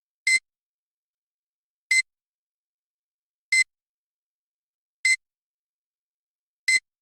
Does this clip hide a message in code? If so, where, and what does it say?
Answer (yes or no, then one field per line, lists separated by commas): no